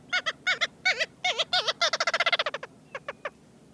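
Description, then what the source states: Ross's Gull calls: nasal, wavering harmonic notes, first spaced in pairs, then speeding into a rapid chattering run before trailing off into a few sparse notes. Dainty High Arctic seabird; breeds on Greenland and northern Siberian coasts, hawking insects over tundra ponds; roves west to pack ice after August nesting; occasionally strays into southern Canada and the U.S.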